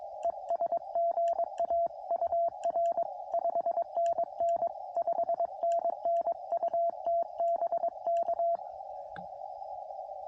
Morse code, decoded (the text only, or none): ES GA UR 5NN 5NN UT BK